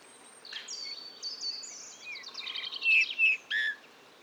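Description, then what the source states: Eurasian bullfinch soft song opening with thin drawn-out whistles, then a fast twittering run and a few louder clipped notes near the end. Male in breeding plumage perched on a budding blackthorn, 15 March 2020, La Sarcena, Drôme, France; soft babbling song barely audible to the ear, recorded with a parabolic reflector.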